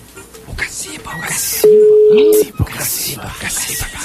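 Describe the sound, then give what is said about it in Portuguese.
A phone call to someone's home rings on a Friday: one loud, steady electronic ringback tone lasting under a second, with people talking before and after it. “Não vai atende, cara. Sexta-feira ninguém atende, né?”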